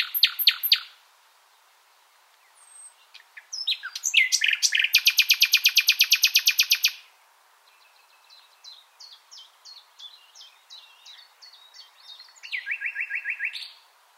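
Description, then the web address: Common nightingale song, loud rattling trills, a long fast pulsing phrase, a series of thin spaced notes, then a buzzy trill. "SETE Luscinia megarhynchos"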